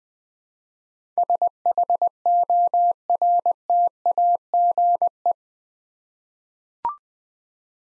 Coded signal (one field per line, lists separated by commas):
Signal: Morse code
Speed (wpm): 20 wpm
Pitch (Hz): 700 Hz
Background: none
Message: SHORTAGE